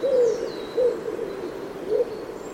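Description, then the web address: Bird giving three short, low hooting notes spaced unevenly, with thin, faint high whistles in the background. "Bird Only"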